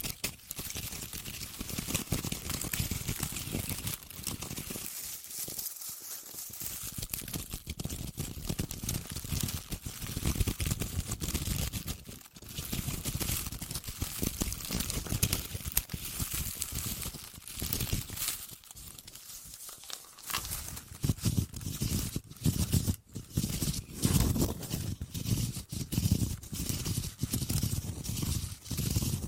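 Deep ear crinkles with a clicky, scratchy massage texture, running almost without pause for the whole stretch. The sound is dense and full, low rumbling mixed with bright crackle, broken by brief near-silent gaps around 6, 12, 19 and 23 seconds.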